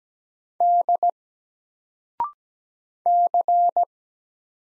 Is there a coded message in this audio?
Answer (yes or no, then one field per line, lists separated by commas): yes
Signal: Morse code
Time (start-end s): 0.6-3.8 s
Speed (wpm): 17 wpm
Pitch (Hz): 700 Hz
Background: none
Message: D C